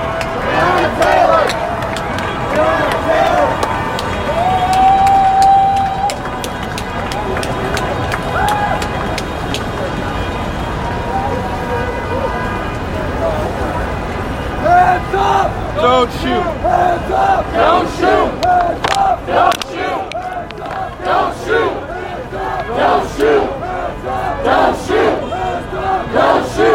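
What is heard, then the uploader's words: A peaceful protest in New York City: a dense crowd of voices talks and calls out continuously, with occasional raised shouts and sharp clicks. After about fifteen seconds the voices grow choppier and more insistent, with rhythmic bursts of shouting, perhaps chanting, through to the end. The Sound Of A Protest. Today's episode features a segment of audio recorded at a peaceful protest in New York City.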